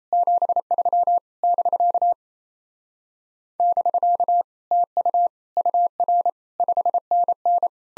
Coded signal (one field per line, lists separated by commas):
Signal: Morse code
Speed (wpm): 36 wpm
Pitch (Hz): 700 Hz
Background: none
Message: 73 <BK> <BK> TU UR 5NN